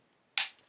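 A plastic wedge piece is pressed into the two halves of a part for a 1:6 scale DeAgostini Mustang GT500 model car. It clicks in at 0.4 s with one sharp, loud, bright click, then fades over about a third of a second. The piece is seated properly and sits flush.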